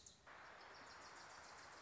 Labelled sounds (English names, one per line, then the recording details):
Wilson's Warbler
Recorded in Sonoma County, California